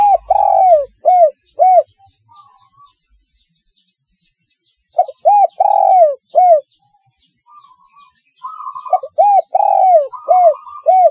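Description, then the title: Spotted dove giving three phrases of deep, arched coos with a rolling middle note, spaced a few seconds apart. "Tekukur"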